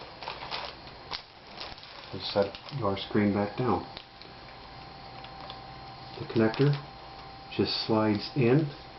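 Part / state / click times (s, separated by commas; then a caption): display cable connector into laptop LCD panel socket / not seated / none. While replacing the screen on an Asus X54C laptop, the display ribbon cable connector is being slid into its socket on the back of the LCD panel. Someone talks over faint handling taps and short ticks. The connector has not seated or clicked into place yet.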